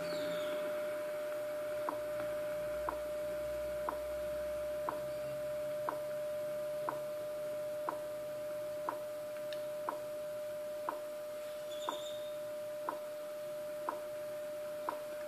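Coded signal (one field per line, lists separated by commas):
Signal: radio time signal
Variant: WWV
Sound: continuous low tone with sharp ticks each second, about 14 ticks, over static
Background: radio static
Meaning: Each tick marks one second; the steady 600 Hz tone is the standard audio tone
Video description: WWV 25Mhz on Yaesu FRG-100 received N.L. Mex. 15:00 utc, 5/oct/2014.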